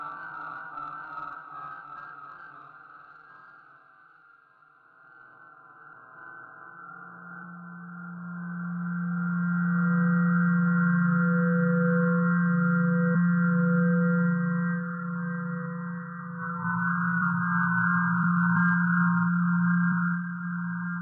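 Steady processed sine tones hold a low hum with a higher tone layered above, plus fainter upper tones. The sound dips quietly around five seconds, then the low tone swells and stays loud to the end, with a brighter layer rising after sixteen seconds.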